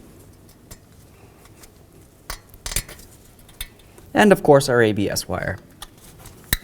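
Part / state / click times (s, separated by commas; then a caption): ABS sensor wire connector into harness connector / seated / 6.5 s. On a 2009–13 Mazda 3 during a front wheel bearing replacement, the ABS wheel speed sensor wire connector is plugged into its mating plastic harness connector. Someone talks briefly among light handling clicks and taps. A sharp click at 6.5 s marks the connector seating.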